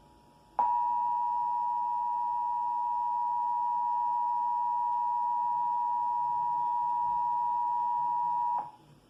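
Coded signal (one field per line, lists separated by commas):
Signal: Emergency Alert System (SAME) tones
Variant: 853 and 960 Hz attention tone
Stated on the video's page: Real Required Monthly Test for Indiana carried on Comcast cable.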